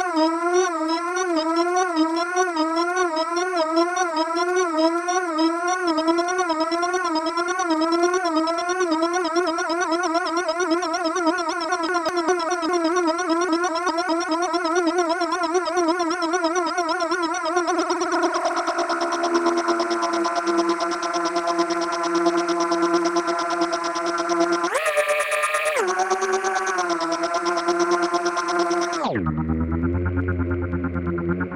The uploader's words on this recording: Digital Insect Swarm. Raw files from sonic exploration in late march.